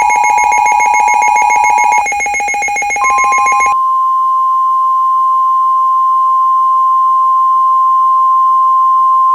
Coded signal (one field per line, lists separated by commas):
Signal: Emergency Alert System (SAME) tones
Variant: 853 and 960 Hz attention tone